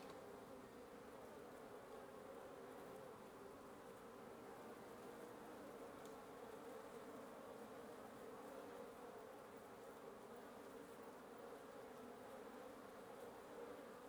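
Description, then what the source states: Wasps buzzing in a dense, continuous drone, a steady hum centred low with no pauses throughout. Wasp nest under the roof of the recordist's residence at 1a Avenida Norte 19, Antigua Guatemala, Guatemala; recorded in the morning.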